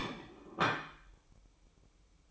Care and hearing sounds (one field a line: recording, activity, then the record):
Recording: daily activity, microphone in the room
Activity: place plate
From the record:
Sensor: 1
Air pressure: 1007.5 hPa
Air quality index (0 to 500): 76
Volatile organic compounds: 1 ppm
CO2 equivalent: 665 ppm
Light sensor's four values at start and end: 7/18/7/7 and 7/18/7/7